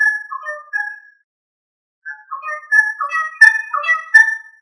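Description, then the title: Australorp chicken calls, short tonal clucks, a brief run, then a pause and a busier, louder run of notes. "manok ostrali"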